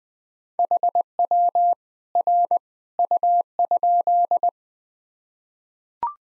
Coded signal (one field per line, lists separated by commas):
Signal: Morse code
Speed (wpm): 21 wpm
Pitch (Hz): 700 Hz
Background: none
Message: HW R U?